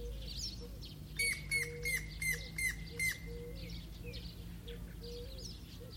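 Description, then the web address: Bird calls: a run of six sharp, downward-hooked notes repeated about three times a second, over a steady high tone, soft lower whistles and a constant low hum. "Deverinetal. Bird Only"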